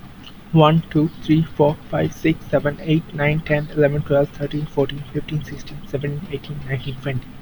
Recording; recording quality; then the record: counting at a fast pace; excellent, no background noise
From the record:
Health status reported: healthy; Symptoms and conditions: none ticked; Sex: male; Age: 24 years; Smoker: not ticked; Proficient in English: yes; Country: India